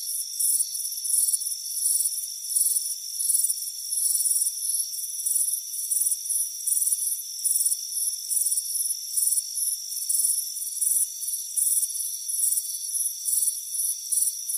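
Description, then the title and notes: Crickets chirping in high, shimmering pulsed bursts in an uneven but steady rhythm, over faint constant high-pitched ringing tones. Crickets chirping on a warm afternoon at a front porch. "Soothing Crickets Chirping Sound. It's a warm afternoon as you relax in a hammock on the front porch"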